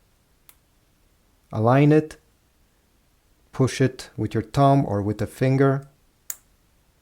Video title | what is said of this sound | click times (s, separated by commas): AirPods Pro 3 : How to Pair With iPhone + All Features | You hear the click. This is it. | 6.3 s